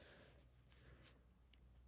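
A plastic backing washer for a safety eye is picked up and readied to pop onto the eye post through crochet fabric. Soft handling rustles run throughout, with a faint brief tick near 1.5 s. The washer has not been squeezed on yet, so nothing has seated or clicked.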